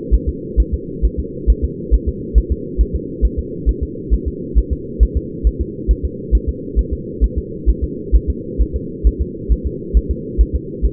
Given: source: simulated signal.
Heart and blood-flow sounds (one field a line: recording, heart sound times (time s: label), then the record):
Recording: fetal heart sounds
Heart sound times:
0.14 s: S1
0.29 s: S2
0.60 s: S1
0.74 s: S2
1.05 s: S1
1.20 s: S2
1.50 s: S1
1.64 s: S2
1.94 s: S1
2.09 s: S2
2.38 s: S1
2.52 s: S2
2.81 s: S1
2.95 s: S2
3.25 s: S1
3.39 s: S2
3.69 s: S1
3.83 s: S2
4.14 s: S1
4.28 s: S2
4.58 s: S1
4.73 s: S2
5.03 s: S1
5.17 s: S2
5.47 s: S1
5.61 s: S2
5.91 s: S1
6.05 s: S2
6.35 s: S1
6.49 s: S2
6.79 s: S1
6.93 s: S2
7.24 s: S1
7.38 s: S2
7.70 s: S1
7.84 s: S2
8.15 s: S1
8.30 s: S2
8.62 s: S1
8.76 s: S2
9.07 s: S1
9.21 s: S2
9.52 s: S1
9.67 s: S2
9.97 s: S1
10.11 s: S2
10.41 s: S1
10.55 s: S2
10.85 s: S1
From the record:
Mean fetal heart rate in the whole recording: 135 bpm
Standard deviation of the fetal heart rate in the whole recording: 3 bpm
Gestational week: 34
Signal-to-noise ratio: -4.1 dB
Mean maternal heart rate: no maternal heart sound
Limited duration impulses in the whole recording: absent